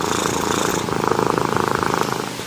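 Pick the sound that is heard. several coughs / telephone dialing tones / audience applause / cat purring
cat purring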